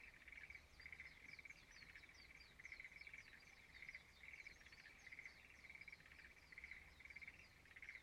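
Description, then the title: Frog chorus, bursts of pulsed croaking that swell in regular waves under a steady stream of short high chirps. Frogs singing in a rice field at dawn in Izumo, Shimane Prefecture, Japan. "Frog singing in the rice field Izumo"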